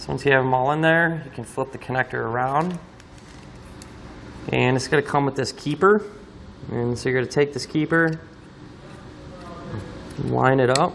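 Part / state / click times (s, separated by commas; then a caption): plastic terminal keeper into trailer wiring connector housing / not seated / none. Someone talks while picking up the plastic terminal keeper for the 7-pole trailer wiring connector housing of a Pollak fifth wheel and gooseneck wiring harness on a 2021 Ram 2500, moving it into position to line it up. Brief faint handling ticks are heard at 3.0 s and 3.8 s in a quiet gap between the talking. The keeper has not seated or clicked into the housing yet.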